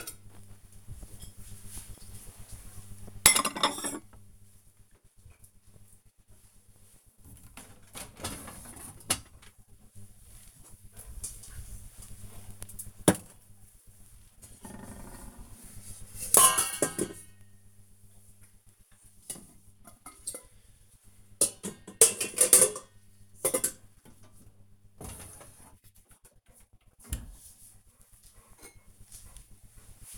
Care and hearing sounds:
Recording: household activities, microphone on the right wrist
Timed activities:
0.00-30.18 s: putting away the dishes

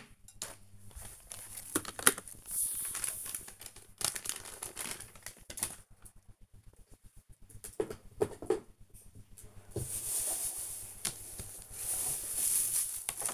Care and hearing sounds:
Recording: household activities, microphone on the right wrist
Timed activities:
0.00-5.93 s: tidy up the cupboard
10.98-13.34 s: tidy up the cupboard

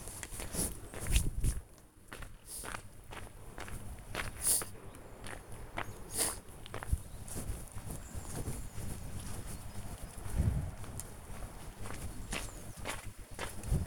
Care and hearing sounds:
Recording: household activities, microphone on the right wrist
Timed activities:
0.00-4.33 s: cutting wood

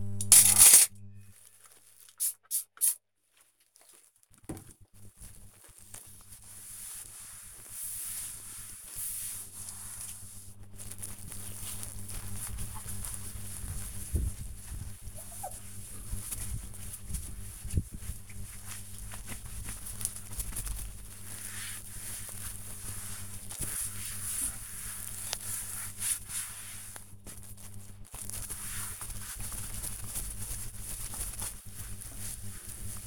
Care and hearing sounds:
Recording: household activities, microphone on the right wrist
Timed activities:
0.00-33.07 s: cleaning table

